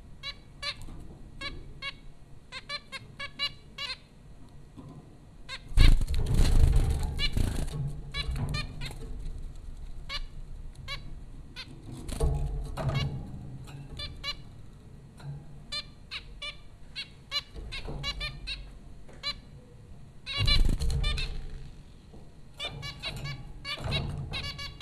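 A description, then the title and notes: Zebra finches chatter in quick, bright chirps throughout, with louder low rumbling bursts around six, twelve and twenty seconds. Zebra finches recorded by Dan Bodah at Popcorn School, Flatbush, Brooklyn NY.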